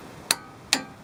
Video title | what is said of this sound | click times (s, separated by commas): كيفية فك الجوزة الخارجية او الذراع الخارجي | like that when it clicks once you do it again and then | 0.3 s, 0.7 s